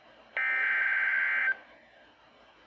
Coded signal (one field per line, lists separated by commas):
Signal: Emergency Alert System (SAME) tones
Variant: header bursts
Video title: July 5th EAS Severe Thunderstorm Warnings In Wisconsin